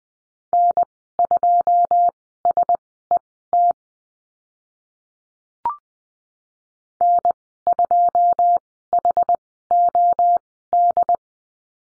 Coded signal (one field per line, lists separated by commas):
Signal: Morse code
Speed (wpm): 20 wpm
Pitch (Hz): 700 Hz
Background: none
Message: N2SET N2HOD